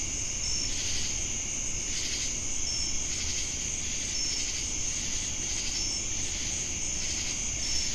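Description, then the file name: Crickets in a dense, steady high-pitched chorus, with a brighter pulsing layer swelling repeatedly. Crickets heard together with cicadas in Jamestown, North Carolina, on 10 August 2018. "Crickets And Sacadas Jamestown NC August-10-2018"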